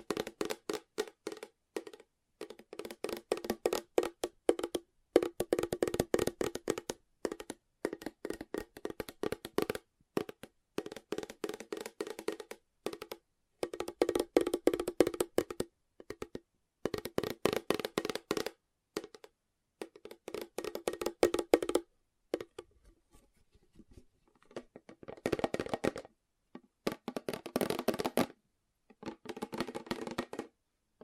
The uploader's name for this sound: Fast Tapping